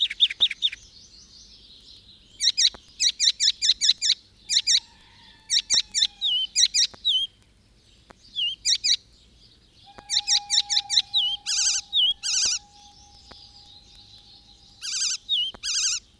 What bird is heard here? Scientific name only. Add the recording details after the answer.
Hippolais icterina. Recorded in the wild. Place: Bergen, Mecklenburg-Vorpommern, DE. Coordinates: 54.4135, 13.432. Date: 1969-05-31. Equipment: Nagra III BH, Sennheiser MD 21, parabola. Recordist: Schubert, Michael. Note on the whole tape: Gartenstraße: Gesang Gelbspötter (derselbe) mit imit. Rufen v. Amsel u. Rauchschwalbe (mit E-Zaun-Induktionsgeräuschen)